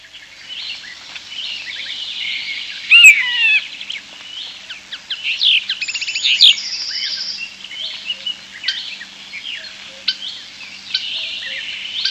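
European starling song, a rambling mix of whistles, clicks and buzzy rattles, with dense chatter throughout.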